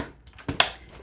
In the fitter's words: make sure it's locked into place and then I'm going to be picking